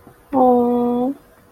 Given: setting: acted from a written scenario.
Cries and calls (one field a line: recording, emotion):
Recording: vocal sound without words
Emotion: sympathy